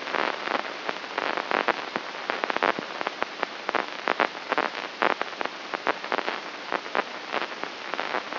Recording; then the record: brain microelectrode recording played as sound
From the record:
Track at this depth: inside the subthalamic nucleus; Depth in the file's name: 5.229 mm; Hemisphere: left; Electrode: 3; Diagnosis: Parkinson's disease